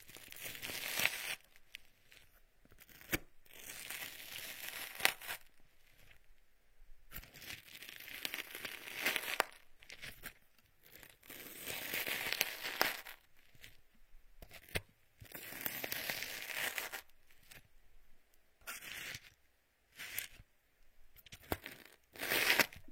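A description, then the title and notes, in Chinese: Homemade aloe gel is massaged around the ears, giving soft crinkling, sticky rustles in bursts that stop and start every few seconds, with quiet gaps between. 自制芦荟胶，按摩你的耳朵。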